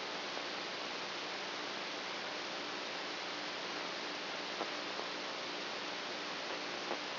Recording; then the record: brain microelectrode recording played as sound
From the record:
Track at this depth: outside the subthalamic nucleus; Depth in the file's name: 5.001 mm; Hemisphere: right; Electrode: 2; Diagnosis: Parkinson's disease